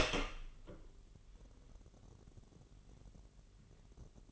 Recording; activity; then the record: daily activity, microphone in the room; open door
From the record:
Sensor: 4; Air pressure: 999.2 hPa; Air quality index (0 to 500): 112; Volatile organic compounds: 2 ppm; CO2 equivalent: 1108 ppm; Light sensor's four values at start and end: 12/29/12/13 and 12/30/12/13